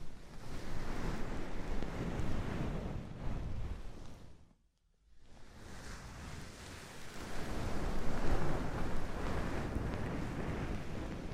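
Oil and foam ear massage gives a dense, rustling crackle, steady and fizzy, broken by a brief silence near four and a half seconds.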